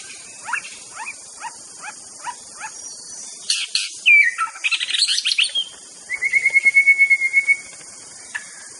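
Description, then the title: White-rumped shama song: a run of six quick falling notes, then rich buzzy phrases and a long steady whistle, over a constant high insect drone. Wild bird in forest; natural, original song (Indonesian name murai batu). "Kicau Asli Murai Batu Hutan"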